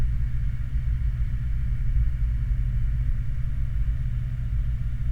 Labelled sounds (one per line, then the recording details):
vehicle
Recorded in the Prudhoe Bay oil fields, Alaska, on 29 July 2019 at 01:11
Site 29